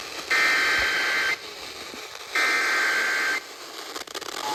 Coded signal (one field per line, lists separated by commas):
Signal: Emergency Alert System (SAME) tones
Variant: header bursts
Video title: (EAS #1175) Severe Thunderstorm Warning WKVG 94.5 FM 5/22/26